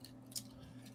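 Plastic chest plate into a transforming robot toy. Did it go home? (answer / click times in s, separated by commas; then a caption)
yes / 0.4 s. A plastic chest plate is pushed into place on a transforming robot toy and seats with a sharp snap at 0.4 s. A faint tick comes just before it, and low steady hum continues underneath.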